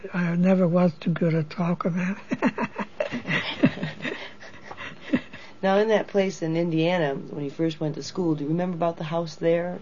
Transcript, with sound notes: I never was too good at talking that. (laughs)
Now in that place in Indiana, when you first went to school, do you remember about the house there?